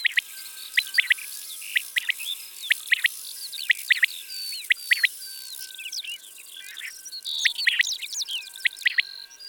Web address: Caille des bles. abc de la nature